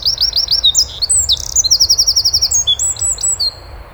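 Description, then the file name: Eurasian wren song, already underway, with shrill piercing notes and rapid rattling trills, stopping after about three and a half seconds. "Troglodytes troglodytes"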